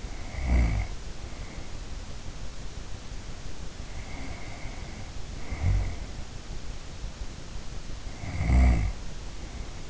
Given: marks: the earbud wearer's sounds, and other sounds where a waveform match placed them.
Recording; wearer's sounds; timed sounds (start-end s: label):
sounds in sleep by an in-ear microphone; snoring breath
0.00-1.77 s: snoring breath
3.88-6.11 s: snoring breath
8.05-9.81 s: snoring breath